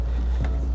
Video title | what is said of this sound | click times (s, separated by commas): 2016 Nissan Rogue Trailer Wiring Installation | of there's a tee connect that we can plug right into here and once you hear the click it's nice | 0.4 s